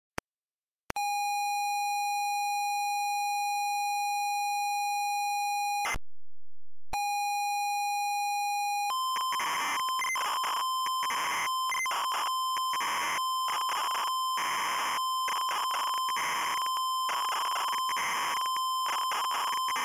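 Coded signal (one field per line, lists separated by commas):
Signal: ZX Spectrum tape loading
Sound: steady buzzing pilot tone, brief silence, tone again, then harsh warbling data screech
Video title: Higuain a un paso del Barcelona (ZX Spectrum) - Loading screen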